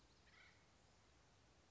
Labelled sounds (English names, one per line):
Acorn Woodpecker